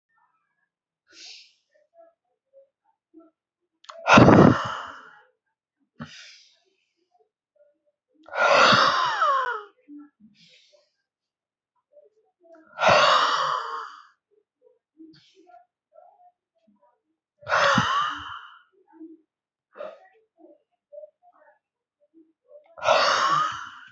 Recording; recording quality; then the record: deep breathing; excellent, no background noise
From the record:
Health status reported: healthy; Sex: male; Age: 23 years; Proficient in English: yes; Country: India